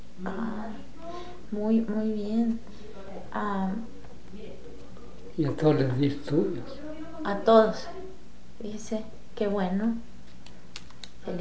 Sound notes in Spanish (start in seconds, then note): none